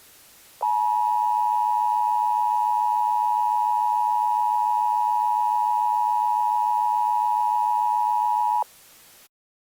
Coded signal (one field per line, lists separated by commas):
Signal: Emergency Alert System (SAME) tones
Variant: 853 and 960 Hz attention tone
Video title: The EAS Scenario: Tornado of the Severe Threats.